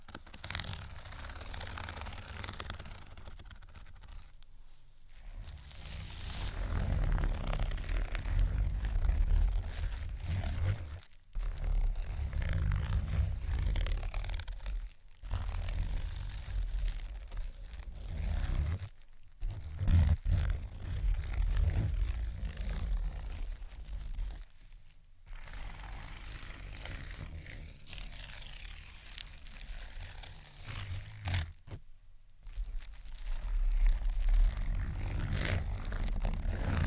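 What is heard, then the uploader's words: Scratching and tapping in uneven bursts, a rough rasping texture with a heavy low rumble underneath. The strokes come in spells of a few seconds, split by short near-silent breaks around 11, 15, 19, 25 and 32 seconds. ScratchingTapping for Relaxation （No Talking）.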